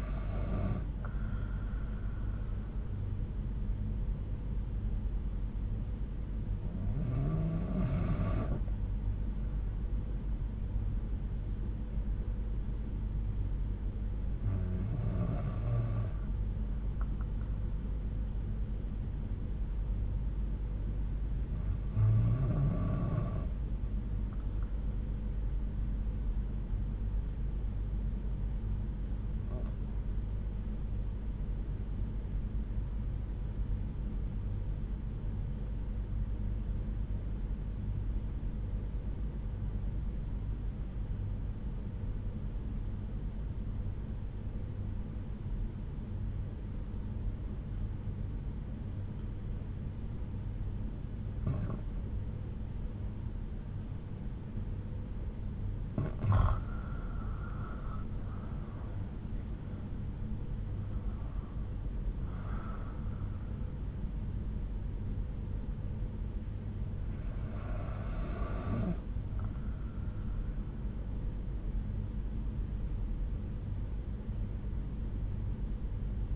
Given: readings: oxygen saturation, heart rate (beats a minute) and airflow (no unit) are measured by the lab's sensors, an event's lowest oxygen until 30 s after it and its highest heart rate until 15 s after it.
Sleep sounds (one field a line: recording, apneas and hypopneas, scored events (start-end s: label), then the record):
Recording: breathing in sleep by a smartphone at the bedside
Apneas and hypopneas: 1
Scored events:
27.00-76.36 s: new sleep stage, REM sleep
36.00-54.60 s: obstructive apnea (REM, oxygen 95% highest, then 86% lowest)
From the record:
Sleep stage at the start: N1 (lightest sleep)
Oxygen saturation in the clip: 87 to 96%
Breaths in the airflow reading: 8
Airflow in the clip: -9.1 to 8.3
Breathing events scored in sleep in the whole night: 368 in 8.0 hours asleep